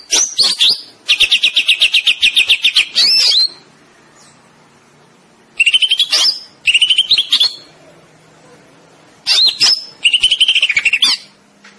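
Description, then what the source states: Greater green leafbird singing loud, high bursts of rapid repeated notes and fast trills with sweeping whistles, broken by short quiet pauses. Singing in 'gacor' style, an Indonesian term for vigorous, continuous singing.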